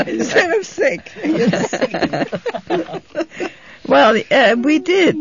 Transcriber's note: they laugh